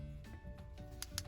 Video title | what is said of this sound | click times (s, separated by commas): Hyundai Tucson key fob battery replacement How to change replace remote keyless smart key batería | See, and then you just press it down until you hear the click. | 1.0 s, 1.2 s